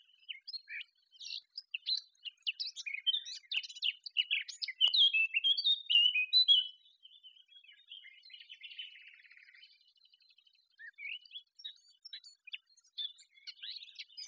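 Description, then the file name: Eurasian blackcap song: a long, varied warble of quick chattering and whistled notes, louder in the middle, fading to softer twittering, then resuming. "Sylvia atricapilla"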